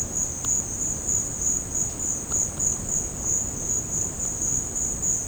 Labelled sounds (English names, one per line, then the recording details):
none
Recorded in secondary vegetation near Puerto Asís, Putumayo, Colombia, on 9 March 2025 at 15:30
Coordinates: 0.481, -76.318
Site G097